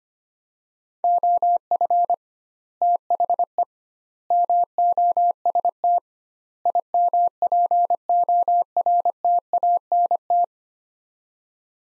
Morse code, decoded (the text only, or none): OF THE MOST IMPORTANT